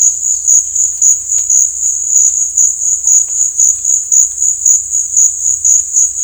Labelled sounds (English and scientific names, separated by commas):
none